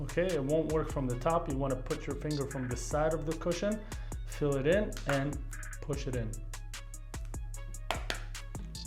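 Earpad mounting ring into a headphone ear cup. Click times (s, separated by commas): 7.9 s, 8.1 s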